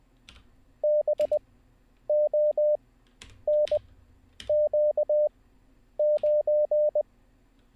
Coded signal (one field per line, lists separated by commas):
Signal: Morse code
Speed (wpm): 20 wpm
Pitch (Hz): 600 Hz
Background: none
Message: BONQ9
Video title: How To Learn Morse Code LIVE with N0SSC (Day 20)